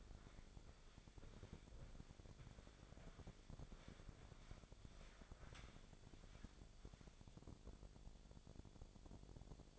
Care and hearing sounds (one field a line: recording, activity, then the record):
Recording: daily activity, microphone in the room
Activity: walk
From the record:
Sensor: 5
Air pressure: 1000.6 hPa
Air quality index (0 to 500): 138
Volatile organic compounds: 2 ppm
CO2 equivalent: 1075 ppm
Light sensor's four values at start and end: 47/110/46/48 and 47/110/46/48